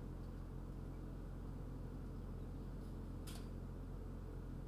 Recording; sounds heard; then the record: poultry house recording; healthy chickens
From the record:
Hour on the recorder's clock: 22